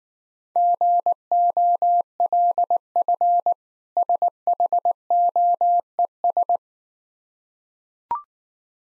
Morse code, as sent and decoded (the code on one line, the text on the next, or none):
--. --- .-.. ..-. / ... .... --- . ...
GOLF SHOES